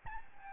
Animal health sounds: mosquito wingbeat signal from an infrared sensor; Aedes albopictus

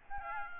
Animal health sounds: mosquito wingbeat signal from an infrared sensor; Aedes albopictus

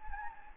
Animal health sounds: mosquito wingbeat signal from an infrared sensor; Anopheles gambiae

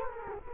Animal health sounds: mosquito wingbeat signal from an infrared sensor; Culex quinquefasciatus

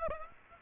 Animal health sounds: mosquito wingbeat signal from an infrared sensor; Aedes aegypti

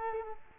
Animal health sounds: mosquito wingbeat signal from an infrared sensor; Culex quinquefasciatus

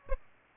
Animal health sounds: mosquito wingbeat signal from an infrared sensor; Aedes albopictus

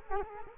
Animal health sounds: mosquito wingbeat signal from an infrared sensor; Culex quinquefasciatus

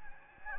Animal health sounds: mosquito wingbeat signal from an infrared sensor; Anopheles gambiae

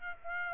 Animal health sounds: mosquito wingbeat signal from an infrared sensor; Aedes aegypti

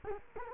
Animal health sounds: mosquito wingbeat signal from an infrared sensor; Culex quinquefasciatus

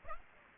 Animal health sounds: mosquito wingbeat signal from an infrared sensor; Aedes aegypti

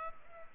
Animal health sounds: mosquito wingbeat signal from an infrared sensor; Culex pipiens

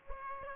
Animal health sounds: mosquito wingbeat signal from an infrared sensor; Aedes aegypti

